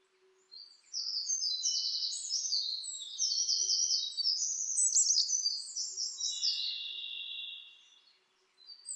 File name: sikatan bubik